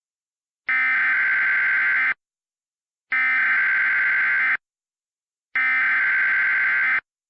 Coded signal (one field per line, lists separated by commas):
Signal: Emergency Alert System (SAME) tones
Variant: header bursts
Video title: *VALID TONES* Hurricane of Snow (EAS Scenario)